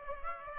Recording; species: mosquito wingbeat signal from an infrared sensor; Aedes aegypti